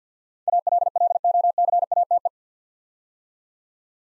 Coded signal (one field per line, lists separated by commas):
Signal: Morse code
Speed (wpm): 48 wpm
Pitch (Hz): 700 Hz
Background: none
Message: ALLOCATE